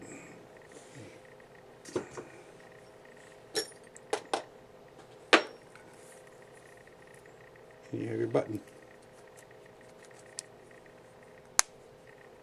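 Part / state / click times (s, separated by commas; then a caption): metal snap button on a leather pipe stand / seated / 11.6 s. A freshly set metal snap button on a leather pipe stand is pressed closed while someone talks, after several sharp knocks and clatters of handling. The snap gives a crisp, satisfying click at 11.6 s and is seated.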